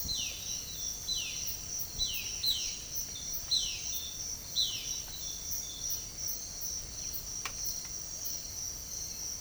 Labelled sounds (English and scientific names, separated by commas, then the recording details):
Violaceous Jay (Cyanocorax violaceus)
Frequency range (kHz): Violaceous Jay (Cyanocorax violaceus) 1.8-5.0 kHz
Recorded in secondary vegetation near Puerto Asís, Putumayo, Colombia, on 24 March 2025 at 06:00
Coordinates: 0.489, -76.322
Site G042